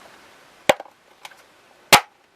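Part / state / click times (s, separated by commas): plastic pegged part into RC toy boat hull / seated / 0.7 s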